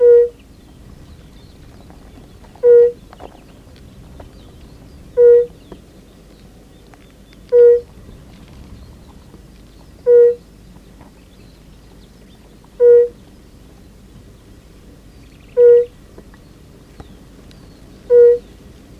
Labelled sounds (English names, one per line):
Fire-Bellied Toad call